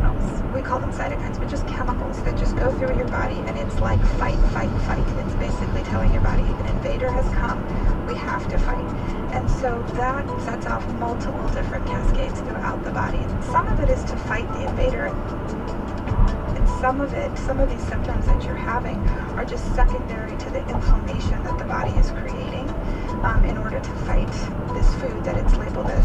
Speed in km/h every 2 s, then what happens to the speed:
85, 85, 85, 85, 85, 84, 85, 85, 81, 79, 76, 76, 79.
0-14 steady at about 85. 14-21 slows to 76.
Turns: none.